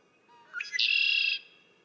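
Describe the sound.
Red-winged blackbird song, short rising introductory notes then a sustained raspy, buzzing trill of about half a second.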